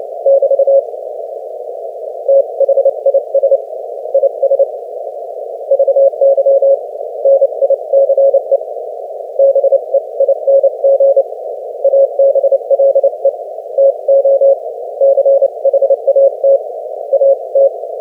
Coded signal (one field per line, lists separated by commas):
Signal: Morse code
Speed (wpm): 27 wpm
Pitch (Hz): 550 Hz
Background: none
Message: <BT> THIS IS VY NICE BEING ABLE TO CHAT AT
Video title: 30 wpm QSO w/ W4YES 3-20-2025 #cw #morsecode #morse #potababe #qrq #hamradio #qrp #qso #skcc #licw